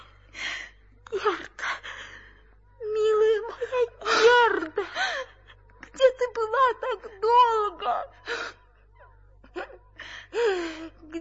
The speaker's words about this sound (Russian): Ты плачешь? Нет, нет. Кто посмел обидеть тебя?